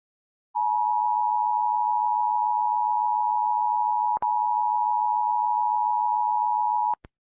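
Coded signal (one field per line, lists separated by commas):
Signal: Emergency Alert System (SAME) tones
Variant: 853 and 960 Hz attention tone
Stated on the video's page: Fictional EAS scenario, simulated.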